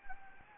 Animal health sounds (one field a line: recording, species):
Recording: mosquito wingbeat signal from an infrared sensor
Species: Anopheles gambiae